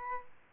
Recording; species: mosquito wingbeat signal from an infrared sensor; Aedes albopictus